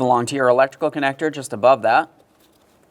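A man talks over a quiet background while working on the plastic engine wiring connector that plugs into a sensor on the intake manifold, just above the hose on the passenger side of the intake, during an intake manifold gasket replacement on a 2007-2013 Acura MDX with the 3.7L V6. The connector is being handled, and nothing has seated or clicked yet.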